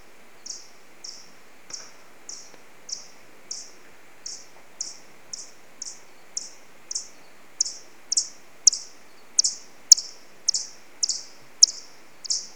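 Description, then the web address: Alcathoe bat echolocation calls: a steady series of short, sharp chirps, growing louder toward the end, over faint hiss. "Pole Plecotus Echos des rhinos Son Alcathoe 2 Quentin Smits"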